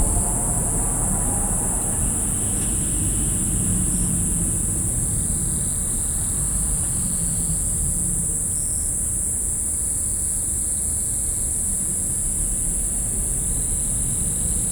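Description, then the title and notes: Katydid song, a steady unbroken high buzz held throughout, over a heavy low rumble of passing road traffic. Recorded 5 August 2020 at Kariwa, Niigata, Japan, from a car park beside a reed bed along Route 116; singing continuous and unbroken; ZOOM H6 recorder with Sennheiser MKH8020 microphones. "新潟県刈羽村 国道116号を走行中、カヤキリの鳴き声"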